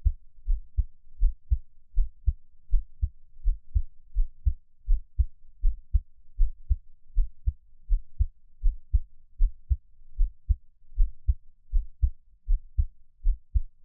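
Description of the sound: A gentle, calm, normal heartbeat of an adult, heard close up with no talking.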